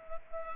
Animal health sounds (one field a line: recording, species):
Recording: mosquito wingbeat signal from an infrared sensor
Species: Culex pipiens